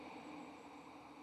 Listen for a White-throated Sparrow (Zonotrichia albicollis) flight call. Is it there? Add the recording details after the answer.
no. No flight call is heard. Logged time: 11:28 on 7 November 2014